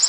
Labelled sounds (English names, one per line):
Black-throated Green Warbler flight call